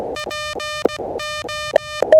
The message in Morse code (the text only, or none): PME